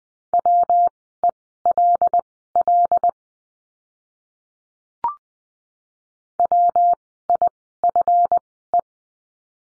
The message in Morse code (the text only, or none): WELL WIFE